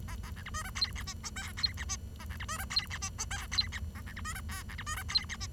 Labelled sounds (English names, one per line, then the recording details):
Bengalese Finch song
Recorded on 23 June 2012 at 10:24
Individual gr41rd51